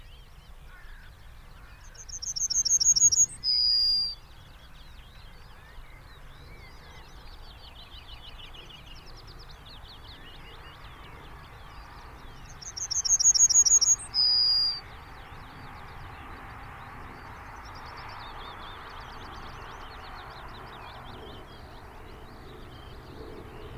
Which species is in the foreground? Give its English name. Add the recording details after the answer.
Yellowhammer. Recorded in the wild. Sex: male. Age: adult. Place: Schönow, Naturpark Barnim, Brandenburg, DE. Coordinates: 52.6858, 13.5164. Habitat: heath. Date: 2005-05-01. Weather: clear, 10°C, no wind. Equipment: Edirol R-4, Sennheiser MKH 70, Windschutz. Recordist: Frommolt, Karl-Heinz. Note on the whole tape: Naturschutzgebiet Schönower Heide: Gesang. Entfernung 8 m. Tier gesehen